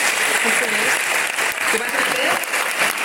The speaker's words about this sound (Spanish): Un aplauso porque hemos avanzado, ¿no?